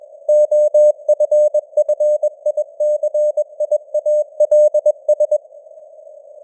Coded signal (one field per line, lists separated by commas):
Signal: Morse code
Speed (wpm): 21 wpm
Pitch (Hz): 600 Hz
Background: none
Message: OFFICIALS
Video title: Morse Code News | 2025-12-13 | 21wpm